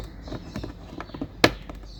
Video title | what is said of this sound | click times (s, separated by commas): How to replace cabin air filter in Kia Sportage 2017 2018 2019 2020 2021 2022 | Insert the stopper into the hole and twist it clockwise to lock it in place. | 1.4 s